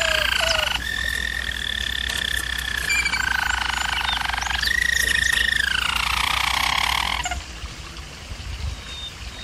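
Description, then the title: German Roller canary song, sustained rolls stepping through pitches then gliding down, ending in quiet with a low hum. German Roller canary singing, for canary training. "German Roller Canary Singing - Canary Training Vid"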